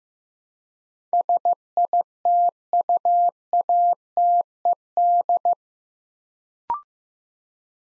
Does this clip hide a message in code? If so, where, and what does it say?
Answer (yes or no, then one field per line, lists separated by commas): yes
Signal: Morse code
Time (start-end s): 1.1-5.5 s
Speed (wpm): 15 wpm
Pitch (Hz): 700 Hz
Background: none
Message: SITUATED